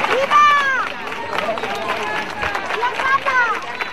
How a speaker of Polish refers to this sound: Przejazd z pałacu Casa de Dueñas, gdzie zmarła, trwał ponad godzinę, bo na ulicach księżną żegnały oklaskami i okrzykami tysiące osób.